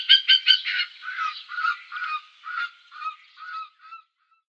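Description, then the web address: Spotted eagle giving a series of yelping, harmonic calls that start quick and loud, then slow down, lower slightly and fade out over about four seconds. "Schulze Peter Spotted Eagle"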